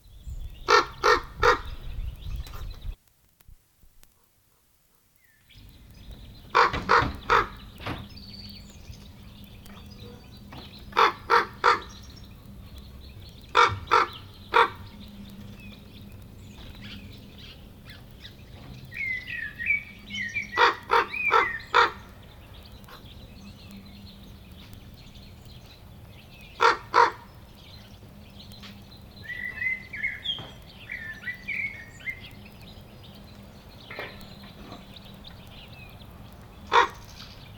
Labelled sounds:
Common Raven (Corvus corax) call
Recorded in captivity
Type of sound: call
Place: Serrahn, Mecklenburg-Vorpommern, DE
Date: 1969-05-10
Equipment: Nagra III BH, Sennheiser MD 421
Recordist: Schubert, Michael
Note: Kolkrabe in der Voliere, Hauptrufe (10.-13. 5. 1969)

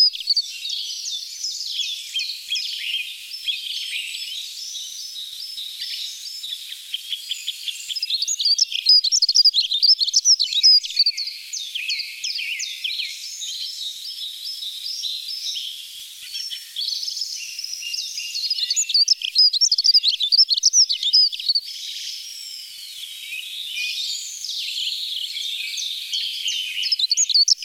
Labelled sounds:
Dunnock (Prunella modularis) song
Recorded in the wild
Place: Lilienhof / Kaiserstuhl, Baden-Württemberg, DE
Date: 1989-03-26
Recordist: Schwarz, Dieter

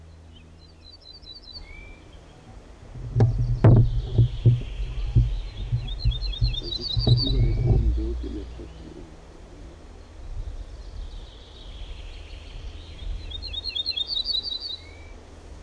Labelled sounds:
Ortolan Bunting (Emberiza hortulana) song
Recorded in the wild
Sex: male
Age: adult
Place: Hamminkeln, OT Brünen, Nordrhein-Westfalen, DE
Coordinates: 51.7256, 6.68
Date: 1970-05-10
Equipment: Uher 4000 Report-S, Bändchenmikro Beyer M 260, Parabolspiegel Polyester (470 mm)
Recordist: Conrads, Klaus
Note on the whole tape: Männchen (Brünen 6): Gesang

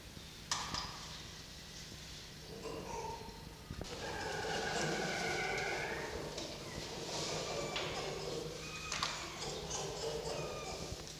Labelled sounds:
Red Fox (Vulpes vulpes)
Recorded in captivity
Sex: diverse
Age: diverse
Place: Zoologisches Institut der HUB, Berlin, DE
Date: 1953-04-27 10:10
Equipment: Elmetra
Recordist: Tembrock, Günter

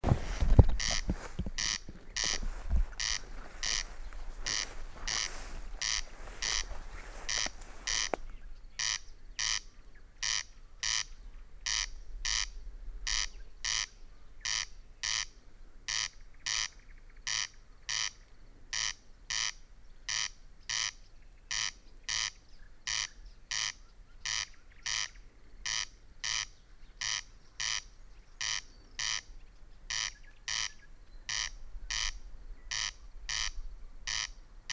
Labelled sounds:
Corn Crake (Crex crex)
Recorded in the wild
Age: adult
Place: Peenemuende, Usedom, Mecklenburg-Vorpommern, DE
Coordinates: 54.1618, 13.78
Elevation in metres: 0
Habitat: grassland
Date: 2014-05-25 23:10
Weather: 15°C, almost windless
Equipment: Sound Devices 702, Sennheiser MKH 70, Rycote Windschutz
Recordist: Frommolt, Karl-Heinz

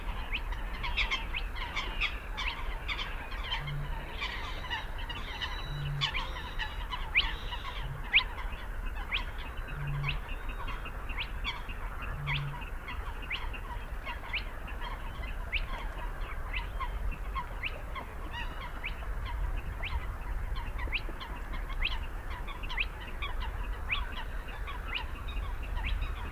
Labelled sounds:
Spotted Crake (Porzana porzana)
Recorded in the wild
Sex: male
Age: adult
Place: Kützerhof, Kummerower See, Mecklenburg-Vorpommern, DE
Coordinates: 53.8544, 12.8867
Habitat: wetland
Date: 2009-05-06 22:40
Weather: bewölkt, fast windstill, 10°C
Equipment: Sound Devices 702, Sennheiser MKH 70, Rycote Windschutz
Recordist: Frommolt, Karl-Heinz

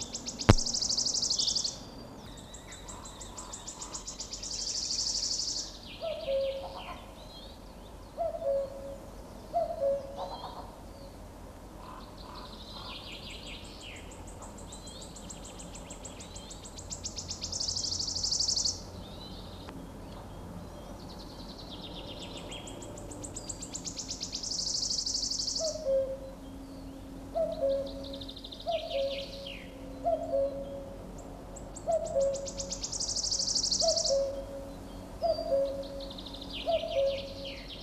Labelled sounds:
Common Cuckoo (Cuculus canorus) song
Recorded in the wild
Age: adult
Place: Villach, Kärnten, AT
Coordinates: 46.591, 13.824
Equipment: Uher 4100 Report-V
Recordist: Brunner, Thomas
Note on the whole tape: Napoleonswiese. Gesang

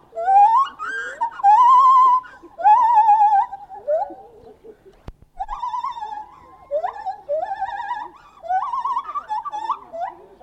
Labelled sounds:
Lar Gibbon (Hylobates lar)
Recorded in captivity
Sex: pair
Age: adult
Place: Tierpark Berlin, Berlin, DE
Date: 1970-03-15 11:18
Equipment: Uher 4200 Report Stereo, Transistorverstärker II, Sennheiser MD 421, Doppelspuraufnahme
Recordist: Tembrock, Günter

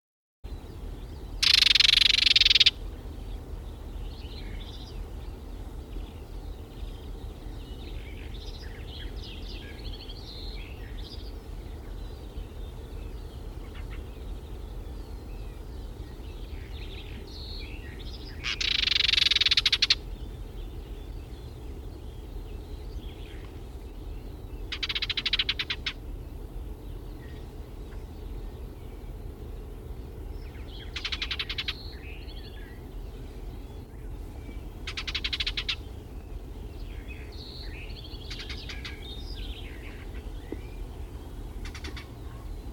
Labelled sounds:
Barred Warbler (Sylvia nisoria) call
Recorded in the wild
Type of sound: call
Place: Schönfeld, Brandenburg, DE
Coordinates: 53.396, 14.001
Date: 1988-06-17 04:42
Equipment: Nagra III BH, Sennheiser MD 21, parabola
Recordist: Schubert, Michael
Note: Rufe Sperbergrasmücke

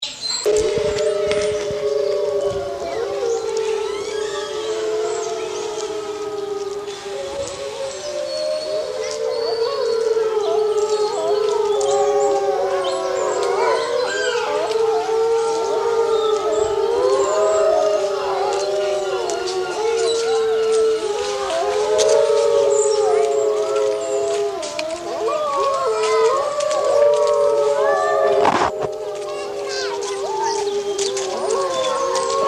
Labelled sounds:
Gray Wolf (Canis lupus) howling
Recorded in captivity
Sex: diverse
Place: Zoo Berlin, Berlin, DE
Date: 1986-12-30 11:47
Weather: slightly cloudy, bright 5°
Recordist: Tembrock, Günter
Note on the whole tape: Gruppenheulen (7 Tiere)

